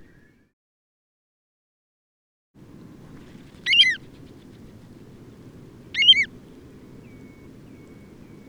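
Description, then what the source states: Bird calls: two short, sharp, ringing notes about two seconds apart, over a low rushing background. Calls given while taking off and flying away.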